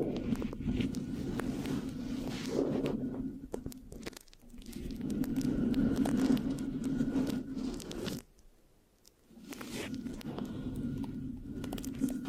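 Mic scratching with a sticky, tearing texture runs in dense, fast bursts, rough and mostly low with crisp clicks spread above. The scratching drops out briefly around 4 seconds and goes nearly silent from about 8 to 9.5 seconds before resuming.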